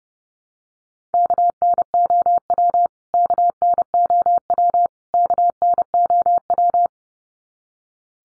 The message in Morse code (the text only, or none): KNOW KNOW KNOW